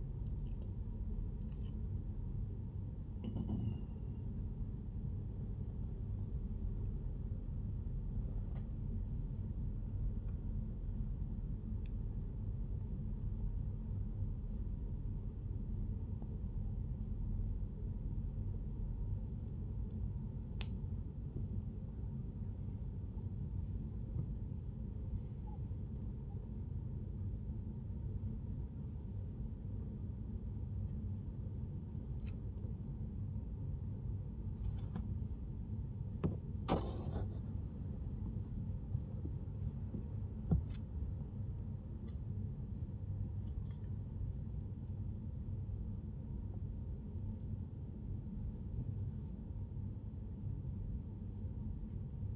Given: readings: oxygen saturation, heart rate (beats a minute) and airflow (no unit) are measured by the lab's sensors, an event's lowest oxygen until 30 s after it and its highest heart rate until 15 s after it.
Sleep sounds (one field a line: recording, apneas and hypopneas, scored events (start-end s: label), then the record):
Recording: a person awake in a sleep study, by a smartphone at the bedside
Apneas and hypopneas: none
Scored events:
0.00-52.36 s: awake
From the record:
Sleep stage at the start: awake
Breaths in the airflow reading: 19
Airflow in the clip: -0.7 to 0.7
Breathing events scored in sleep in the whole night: 131 in 7.2 hours asleep